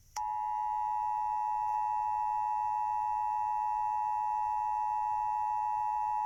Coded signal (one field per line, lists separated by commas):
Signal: Emergency Alert System (SAME) tones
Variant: 853 and 960 Hz attention tone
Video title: EAS SCENARIO: Nicholas the Killing Spree (First EAS scenario)